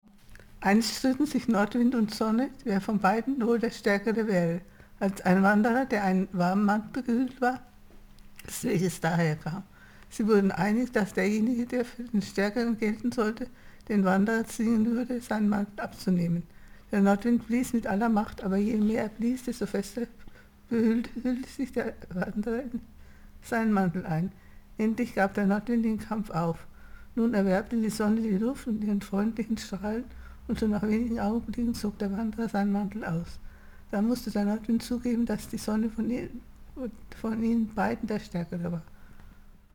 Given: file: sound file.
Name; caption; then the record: Audio MSA reading; Audio file of the text reading task from a MSA patient presenting a mixed dysarthria type characterized by hypokinetic (hypophonia, reduced articulation precision, prolonged pauses), ataxic (voice breaks, pitch fluctuations) and spastic/dystonic characteristics (high pitch).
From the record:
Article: Speech Differences between Multiple System Atrophy and Parkinson's Disease